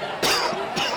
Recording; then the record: coughing mixed with background sound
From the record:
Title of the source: Coughing 60